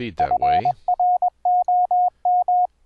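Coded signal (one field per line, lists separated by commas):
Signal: Morse code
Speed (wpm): 22 wpm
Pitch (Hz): 720 Hz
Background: speech, radio noise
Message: FROM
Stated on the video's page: QRQ CW practice generated by a MIDI player keying a software code practice oscillator, with variable playback speed and tone pitch.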